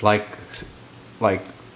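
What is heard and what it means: A plastic eye linkage on an animatronic toy is handled at the eye assembly it is meant to snap into, while someone talks in two short bursts. Faint, soft handling sounds fill the gaps between the speech. Nothing has seated or clicked yet.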